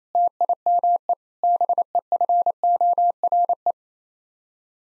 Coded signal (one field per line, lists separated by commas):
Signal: Morse code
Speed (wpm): 28 wpm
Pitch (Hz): 700 Hz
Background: none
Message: TIME BEFORE